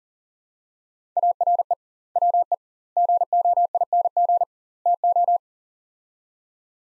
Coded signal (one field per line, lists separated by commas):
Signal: Morse code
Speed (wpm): 40 wpm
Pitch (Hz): 700 Hz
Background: none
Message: ARE WE GOING TO